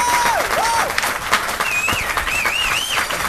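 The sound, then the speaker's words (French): An audience applauds and cheers in a steady, dense wash of clapping, with shrill whistles swooping up and down above the noise throughout. “Ça va, ça va. Ça va, pas la peine de gueuler.”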